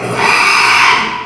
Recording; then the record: squeal of a Yucatan mini pig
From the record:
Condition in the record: after surgery on the right vocal fold (resection and tissue-engineered implant); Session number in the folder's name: 1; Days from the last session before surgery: 6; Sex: male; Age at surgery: 12 weeks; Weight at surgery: 13 kg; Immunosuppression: cyclosporine, prednisolone